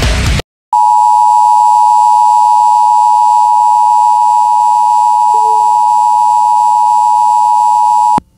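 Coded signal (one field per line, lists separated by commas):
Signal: Emergency Alert System (SAME) tones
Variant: 853 and 960 Hz attention tone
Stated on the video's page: Real emergency alerts received in March from stations KALT-FM and WJON.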